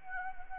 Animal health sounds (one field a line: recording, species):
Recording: mosquito wingbeat signal from an infrared sensor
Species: Anopheles arabiensis